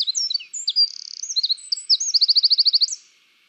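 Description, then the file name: Eurasian wren song, brisk and shrill, with a short buzzing trill early on and a bright, rapidly repeated note series near the end. "Troglodytes troglodytes"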